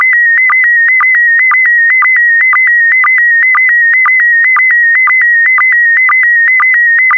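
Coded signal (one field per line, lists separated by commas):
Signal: SSTV (slow-scan television)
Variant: PD120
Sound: steady warbling whistle near 2 kHz, interrupted by rhythmic low ticks twice a second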